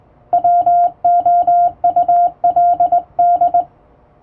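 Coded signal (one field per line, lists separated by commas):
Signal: Morse code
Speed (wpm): 20 wpm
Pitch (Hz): 700 Hz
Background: none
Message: WOULD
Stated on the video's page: Hand-sent international Morse practice on a straight (vertical) key, using typing-speed test text; playback speed adjustable.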